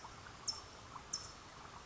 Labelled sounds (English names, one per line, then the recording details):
California Towhee
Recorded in Sonoma County, California